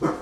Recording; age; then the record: pig call; growing-finishing pig (85 days or more)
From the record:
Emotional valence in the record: positive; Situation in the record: run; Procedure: transit